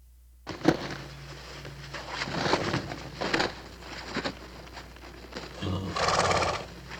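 Horse snuffling and blowing, several short breathy puffs, then a longer rough exhaled snort near the end.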